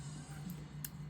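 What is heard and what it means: A plastic clip on the rear cover of an HMD Vibe phone snaps free from the phone frame while the housing is pried apart for battery removal. A sharp snap is heard at 0.9 s over a steady low hum, and it shows the prying is making good progress.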